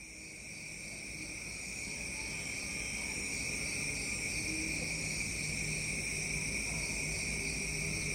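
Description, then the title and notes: Insects droning in continuous high shrill bands, swelling in loudness over the first few seconds. Insect drones at a jungle villa in Unawatuna, Sri Lanka, at dawn. "Villa jungle paradise - Unawatuna, Sri Lanka, insect drones and dawn chorus. by Stéphane Marin/Espaces Sonores. Music for Sleep"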